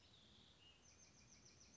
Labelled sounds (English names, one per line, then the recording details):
Bewick's Wren
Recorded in Sonoma County, California